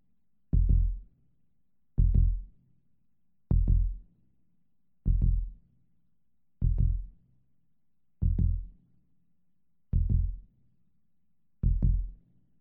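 Eight deep thumps, roughly 39 a minute, with the gaps slowly lengthening: a human heartbeat sound effect, hospital-style, that is slowing down.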